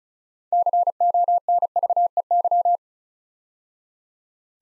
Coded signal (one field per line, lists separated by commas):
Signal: Morse code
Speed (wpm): 36 wpm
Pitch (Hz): 700 Hz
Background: none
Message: CONVEY